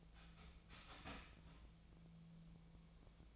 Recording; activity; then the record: daily activity, microphone in the room; start toaster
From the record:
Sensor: 1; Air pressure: 1009.3 hPa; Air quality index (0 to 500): 195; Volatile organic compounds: 19 ppm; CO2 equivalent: 2669 ppm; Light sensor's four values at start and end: 27/70/29/34 and 27/70/29/34